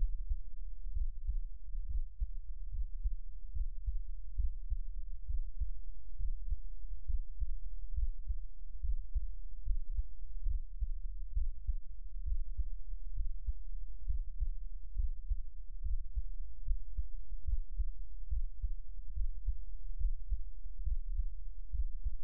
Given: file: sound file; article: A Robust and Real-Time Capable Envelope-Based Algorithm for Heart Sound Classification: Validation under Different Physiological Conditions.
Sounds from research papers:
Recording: heart sounds by electronic stethoscope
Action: rest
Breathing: normal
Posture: lying on right side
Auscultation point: Erb’s point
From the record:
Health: healthy, no known heart disease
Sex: male

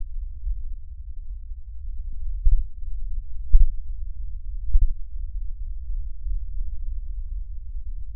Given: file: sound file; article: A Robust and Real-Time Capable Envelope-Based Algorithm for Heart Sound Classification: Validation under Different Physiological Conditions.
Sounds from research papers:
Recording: heart sounds by electronic stethoscope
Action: rest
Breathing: normal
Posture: sitting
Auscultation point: centre of the back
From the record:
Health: healthy, no known heart disease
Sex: male

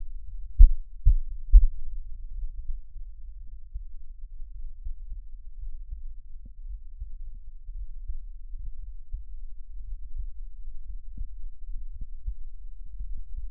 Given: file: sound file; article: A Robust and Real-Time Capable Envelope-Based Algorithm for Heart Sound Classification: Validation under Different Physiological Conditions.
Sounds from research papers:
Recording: heart sounds by electronic stethoscope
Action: rest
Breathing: normal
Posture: sitting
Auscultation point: sternum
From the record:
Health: healthy, no known heart disease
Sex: male

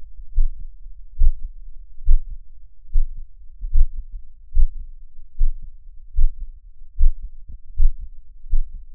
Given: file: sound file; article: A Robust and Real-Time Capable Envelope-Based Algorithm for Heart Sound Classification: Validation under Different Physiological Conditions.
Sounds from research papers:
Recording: heart sounds by electronic stethoscope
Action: after 5 min of sport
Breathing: deep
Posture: sitting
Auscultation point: Erb’s point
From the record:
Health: healthy, no known heart disease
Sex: male

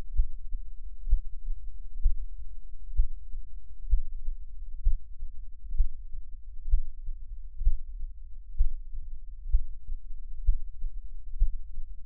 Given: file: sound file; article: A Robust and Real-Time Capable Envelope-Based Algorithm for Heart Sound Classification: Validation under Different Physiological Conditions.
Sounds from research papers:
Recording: heart sounds by electronic stethoscope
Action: rest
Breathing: normal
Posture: lying on left side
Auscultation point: Erb’s point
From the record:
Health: healthy, no known heart disease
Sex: male

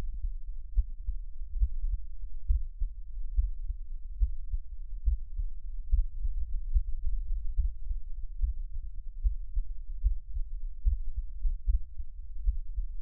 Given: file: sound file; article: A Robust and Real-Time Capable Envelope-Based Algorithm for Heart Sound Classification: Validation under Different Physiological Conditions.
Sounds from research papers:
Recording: heart sounds by electronic stethoscope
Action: rest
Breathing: normal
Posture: sitting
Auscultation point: Erb’s point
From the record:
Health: healthy, no known heart disease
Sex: male

